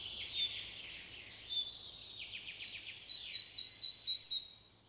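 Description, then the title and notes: Red-breasted Flycatcher song starting with scattered high thin notes, then building into a fast string of repeated notes. Scarce in Finland, roughly two to six thousand pairs, though slightly increasing in recent years; may nest in boxes carved into decaying birches. "Pikkusieppo. Viikon luontoäänen esitteli Juha Laaksonen"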